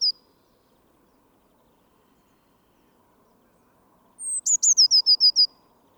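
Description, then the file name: Eurasian blue tit: a thin high note, then after a pause a high whistle followed by a quick run of about seven short, slightly falling notes. "Cyanistes caeruleus"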